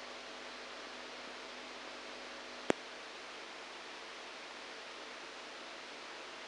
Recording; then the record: brain microelectrode recording played as sound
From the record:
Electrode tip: outside the subthalamic nucleus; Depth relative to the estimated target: 1 mm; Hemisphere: right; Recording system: NeuroSet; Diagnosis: Parkinson's disease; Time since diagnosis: 7 years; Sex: male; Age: 69 years